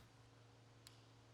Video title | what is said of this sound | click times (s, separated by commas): FTR 1200 Rally Collection Installation - Indian Motorcycle | and slide the left-hand switch cube over the clip until it snaps into place | 0.9 s